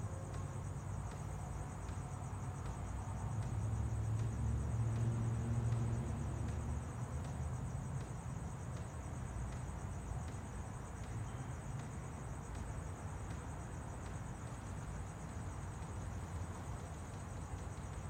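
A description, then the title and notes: A backyard at night, full of a steady, thin, high insect drone that never lets up. Underneath sits a constant low hum of traffic, swelling slightly around the middle, and faint soft ticks repeat at a regular pace throughout. Backyard at night in Pheonix, Arizona. This episode was recorded at night in the backyard of a central Phoenix home.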